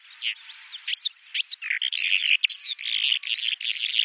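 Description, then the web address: Bimaculated lark song, a short run of scratchy chirps and twittering notes that becomes a quick, jumbled flow of high notes. "Schulze Peter Bimaculated Lark song"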